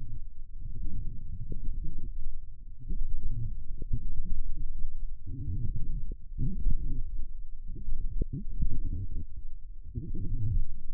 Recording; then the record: forearm muscle sounds (acoustic myography)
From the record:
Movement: forearm pronation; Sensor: system 1, eight BSWA MPA416 microphones around the upper forearm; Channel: 5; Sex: female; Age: 21 years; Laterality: right